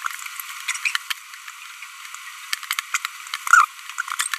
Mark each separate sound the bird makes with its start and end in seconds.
3.47-3.65